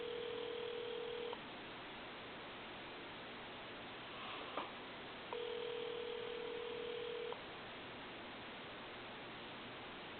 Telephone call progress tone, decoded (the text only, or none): ringback tone